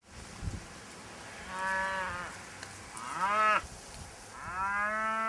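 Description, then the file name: Cattle mooing in three separate calls. "Kuehe"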